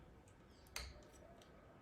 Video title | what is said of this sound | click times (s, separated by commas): Installation du brasseur d'air Samarat - Guide de montage | une photo où vient d'enclencher faut bien s'assurer qu'il est bien enfoncer pour que le groupe al dah pour | 0.8 s